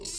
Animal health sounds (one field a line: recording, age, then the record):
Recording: pig call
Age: weaner (32 to 43 days)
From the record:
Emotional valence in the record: negative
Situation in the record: novel object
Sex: female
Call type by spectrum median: high-frequency call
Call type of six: high-frequency stable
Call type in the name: high-frequency stable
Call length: 0.19 s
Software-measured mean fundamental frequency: 356 Hz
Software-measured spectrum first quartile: 3005 Hz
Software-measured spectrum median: 5661 Hz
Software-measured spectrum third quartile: 7826 Hz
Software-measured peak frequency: 392 Hz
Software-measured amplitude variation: 92 dB a second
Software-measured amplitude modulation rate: 13.3 a second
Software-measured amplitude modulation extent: 7.0 dB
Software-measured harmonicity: 4.5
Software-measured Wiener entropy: -2.24